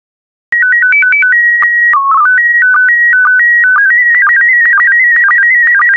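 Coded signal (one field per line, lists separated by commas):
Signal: SSTV (slow-scan television)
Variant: PD120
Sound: quick rising and falling beep sequence, then a warbling, chirping tone that keeps shifting pitch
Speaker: complete you can now check your decoded image against the picture that is shown on the video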